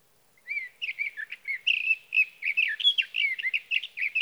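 Sage thrasher delivering a hurried, rambling warble of high chirps and slurred notes that carries on without a break.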